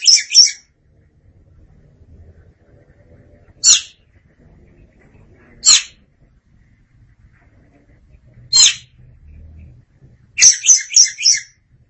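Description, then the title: Oriental magpie-robin: a short scratchy burst, then three single rasping notes a few seconds apart, ending with a quick run of buzzy notes. "Suara Kicauan Burung Kacer Durasi Panjang"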